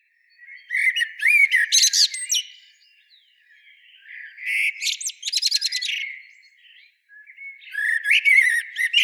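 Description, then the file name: Eurasian blackbird song in three phrases, each opening with soft whistled notes and breaking into a quick, squeaky, high twittering flourish. "Turdus merula"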